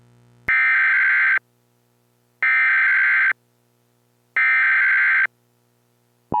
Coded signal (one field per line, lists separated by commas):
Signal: Emergency Alert System (SAME) tones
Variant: header bursts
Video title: EAS mock scenario: A lake Volcanic Eruption